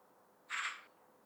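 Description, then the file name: Eurasian magpie call: one short, harsh, noisy burst lasting under half a second, rasping across a wide band, over faint background hiss. "Pica pica"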